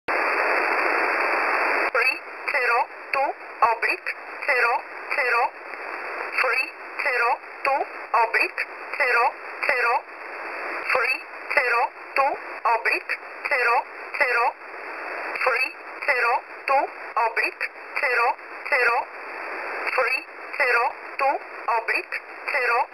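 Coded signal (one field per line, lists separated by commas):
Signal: numbers station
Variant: E11 Oblique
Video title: E11 Oblique 11/07/2023 1000 UTC 12153kHz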